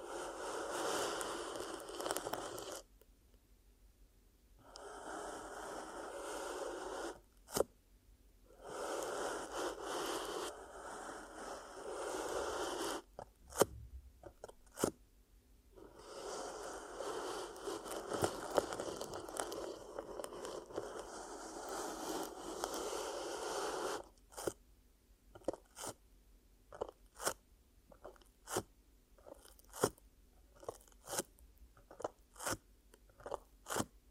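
Ear cupping ASMR: bursts of dense rustling hiss with silent gaps, then from about 24 seconds quick separate crunchy taps and pops.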